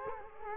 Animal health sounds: mosquito wingbeat signal from an infrared sensor; Culex quinquefasciatus

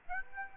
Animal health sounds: mosquito wingbeat signal from an infrared sensor; Aedes aegypti

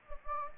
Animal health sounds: mosquito wingbeat signal from an infrared sensor; Anopheles gambiae

